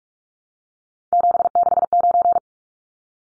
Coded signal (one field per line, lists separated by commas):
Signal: Morse code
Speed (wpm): 44 wpm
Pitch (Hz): 700 Hz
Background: none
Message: 769